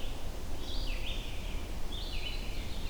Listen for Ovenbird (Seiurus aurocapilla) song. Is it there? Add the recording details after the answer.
no. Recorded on 21 June 2016 at 08:50. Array SBT-6-76